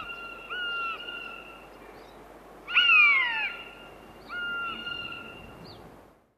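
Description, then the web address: Common buzzard mewing, two drawn-out level notes framing a louder, plaintive call that slides steeply downward, all with clear overtones. "Голоса птиц Канюк"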